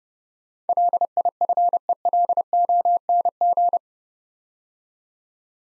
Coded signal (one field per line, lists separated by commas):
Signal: Morse code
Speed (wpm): 30 wpm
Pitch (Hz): 700 Hz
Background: none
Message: LIFELONG